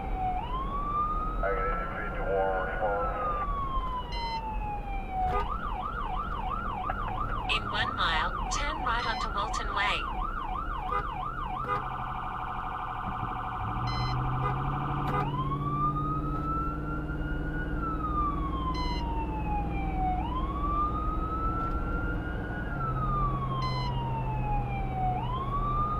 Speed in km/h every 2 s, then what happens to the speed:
84, 77, 71, 71, 69, 61, 50, 56, 66, 74, 81, 84, 84.
0-11 slows to 50. 12-26 speeds up to 84.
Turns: none.